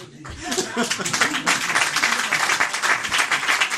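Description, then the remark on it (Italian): An audience breaks into steady applause, a dense crackle of many hands clapping that stays loud and even for several seconds, with a few voices mixed in at the start. “E non lo dico esattamente con desiderio di farvi partire l'applauso, non c'è esattamente una cattiveria.”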